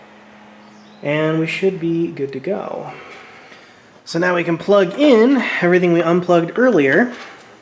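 Someone talks while handling the indicator bulb socket connector for the headlight housing of a 2004–2008 Ford F-150 truck, after the bulb is replaced and the parts unplugged earlier are being reconnected. Nothing has seated or clicked yet.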